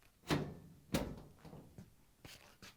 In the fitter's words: You wanna make sure that that tab goes underneath and locks in place.